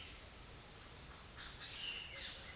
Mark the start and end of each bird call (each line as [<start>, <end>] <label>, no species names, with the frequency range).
[1.23, 2.56] bird call (0.8-5.6 kHz)